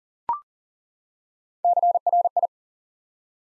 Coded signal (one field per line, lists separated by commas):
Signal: Morse code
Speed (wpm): 38 wpm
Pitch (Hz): 700 Hz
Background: none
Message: CRI